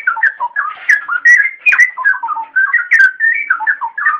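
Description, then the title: Oriental magpie-robin song, a continuous run of fluty whistled phrases rising and falling, short notes following each other rapidly with brief pauses between groups. "Kicau Kacer"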